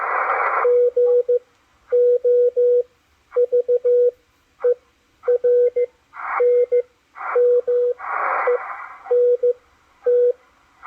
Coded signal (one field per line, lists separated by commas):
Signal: Morse code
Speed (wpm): 15 wpm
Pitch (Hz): 490 Hz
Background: radio noise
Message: GOVERNMENT